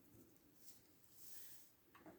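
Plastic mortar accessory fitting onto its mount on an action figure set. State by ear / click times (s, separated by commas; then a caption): not seated / none. A small plastic mortar accessory from a Star Wars The Vintage Collection VC263 Artillery Stormtrooper 1:18 scale action figure set is handled and pushed toward its mount. Soft, quiet plastic rustling runs through the clip, with a brief sharper tap near 2.0 s. Nothing has seated or clicked yet.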